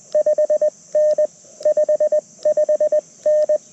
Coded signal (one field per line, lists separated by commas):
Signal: Morse code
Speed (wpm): 20 wpm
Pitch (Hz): 610 Hz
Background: none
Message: 5N 55N